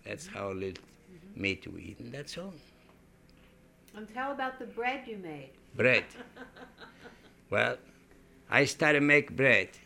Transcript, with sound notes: That's how the meat we eat. That's all.
And how about the bread you made?
Bread. (laughs) Well, I started to make bread